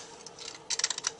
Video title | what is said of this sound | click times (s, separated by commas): How to Switch the Lamp in the WAC Lighting HR D423 | into the fixture like so you can hear it snap securely | 0.8 s, 1.1 s